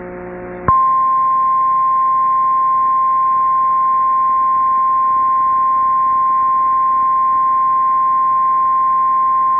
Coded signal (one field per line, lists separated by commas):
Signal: Emergency Alert System (SAME) tones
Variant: 1050 Hz attention tone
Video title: EAS #866-867: 2 EAS Severe Thunderstorm Warnings- Sep. 3, 2023